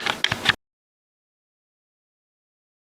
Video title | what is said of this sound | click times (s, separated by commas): 1983 BMW R80ST Install Electrical System | and there's a little ridge on the front that snaps into place and holds them. | 0.2 s